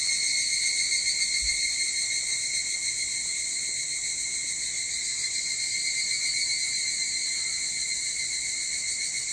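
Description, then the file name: Evening cicada chorus: dense, unbroken high-pitched ringing that holds even from start to finish, with a faint low thump early on. Recorded 22 July 2023 at 04:40. "higurashi 230722 0440"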